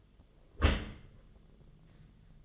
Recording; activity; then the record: daily activity, microphone in the room; close dishwasher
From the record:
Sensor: 4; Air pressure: 1005.5 hPa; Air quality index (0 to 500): 112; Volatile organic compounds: 3 ppm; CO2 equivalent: 1397 ppm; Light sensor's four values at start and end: 11/25/10/10 and 11/26/10/10